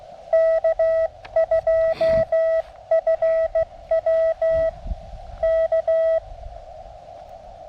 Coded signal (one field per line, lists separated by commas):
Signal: Morse code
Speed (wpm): 15 wpm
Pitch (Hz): 1950 Hz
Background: none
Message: K2FW K